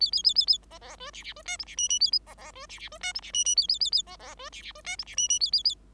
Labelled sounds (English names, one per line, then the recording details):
Bengalese Finch song
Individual Bird5